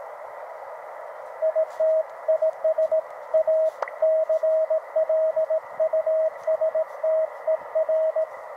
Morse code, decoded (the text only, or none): IT IS A CLUSTER